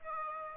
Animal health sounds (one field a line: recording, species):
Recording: mosquito wingbeat signal from an infrared sensor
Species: Aedes aegypti